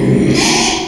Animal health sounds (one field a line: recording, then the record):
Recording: squeal of a Yucatan mini pig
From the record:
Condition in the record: after surgery on the right vocal fold (resection and tissue-engineered implant)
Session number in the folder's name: 2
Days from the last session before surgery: 13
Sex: male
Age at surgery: 12 weeks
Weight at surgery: 13 kg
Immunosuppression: cyclosporine, prednisolone